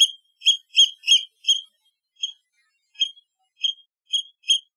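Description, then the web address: Seabird with a rapid burst of shrill, ringing calls, then slower, spaced single squeals at around one to two per second. "soundlibrary Animals Birds Sea Bird Isolated"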